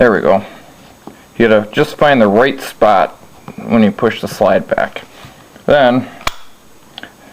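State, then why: Released. Someone talks while pushing the slide of a Ruger P-85 pistol back during disassembly, working it to the right spot so the slide stop in the frame can come loose. A sharp pop at 6.3 s marks the slide stop popping free so it can be pulled out, followed by a couple of faint clicks.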